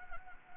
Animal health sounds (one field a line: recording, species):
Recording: mosquito wingbeat signal from an infrared sensor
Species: Anopheles gambiae